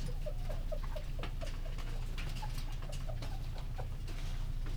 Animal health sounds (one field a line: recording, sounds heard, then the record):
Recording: poultry house recording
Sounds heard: healthy chickens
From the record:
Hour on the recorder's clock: 19